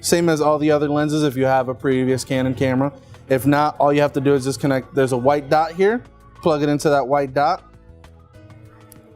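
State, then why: Seated. A 15–45 mm zoom lens is lined up on the white dot and turned onto the mount of a Canon M50 mirrorless camera body while someone talks over background music. After the talking stops, a faint tick comes at about 8.0 s, and a sharp, brief click at 8.9 s marks the lens seating home on the mount.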